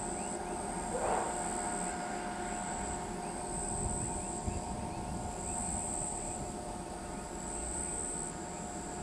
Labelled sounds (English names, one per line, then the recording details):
none
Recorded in pastures near Pivijay, Magdalena, Colombia, on 13 April 2023 at 19:30
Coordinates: 10.456, -74.369
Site P6-G026